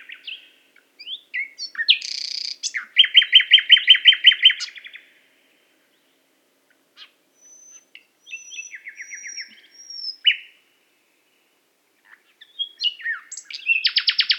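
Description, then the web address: Nightingale song with rich chattering phrases, a fast repeated trill, a thin high whistle after a silence, and a fresh rapid trill starting near the end. Recorded in Qatar. "qatar birds qatar birds presentation extracts nightingale"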